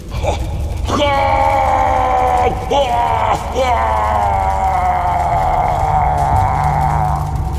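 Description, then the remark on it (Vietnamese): A demon lets out a sustained, harmonically rich roaring scream across several seconds with a few sharp breaks, its pitch slowly sliding downward, loud and unbroken, an inhuman howl of pain, fury and disbelief. “Đó là một tiếng thét chứa đầy sự đau đớn, tức giận và không thể tin được.”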